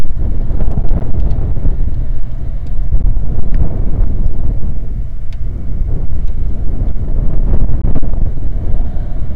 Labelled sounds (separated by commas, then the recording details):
songbird, wind, rain, man-made sound
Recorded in the Prudhoe Bay oil fields, Alaska, on 1 August 2019 at 02:02
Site 29